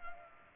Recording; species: mosquito wingbeat signal from an infrared sensor; Culex pipiens